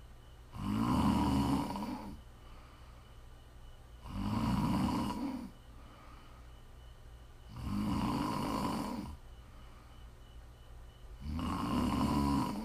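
Four slow, regular low rumbling snores from a sleeping adult, about 17 per minute, each followed by a quiet pause, shared as ASMR snoring for relaxing and sleep.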